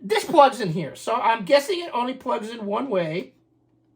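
Someone talks while handling a FlashROM 99 32-megabyte circuit board for the TI-99/4A as it is about to be pressed into its plastic cartridge adapter or housing. Only speech is heard, ending at about 3.3 s and followed by near silence. Nothing has seated or clicked yet.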